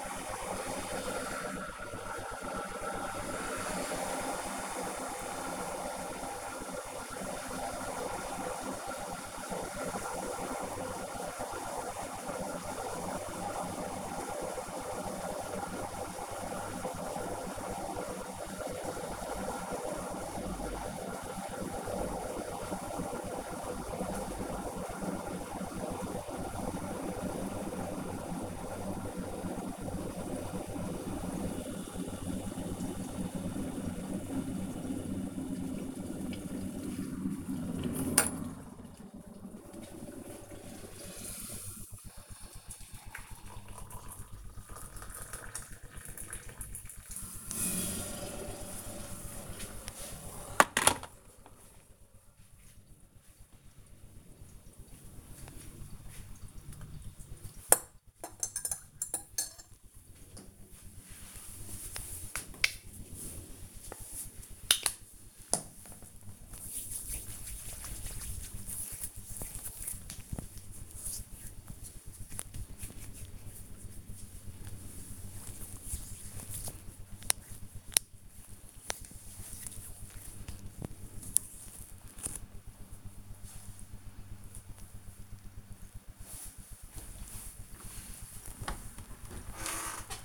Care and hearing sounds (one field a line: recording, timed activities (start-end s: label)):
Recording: household activities, microphone on the right wrist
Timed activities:
0.00-51.19 s: making tea
62.27-80.42 s: cream hands
88.47-90.25 s: cleaning out the dishwasher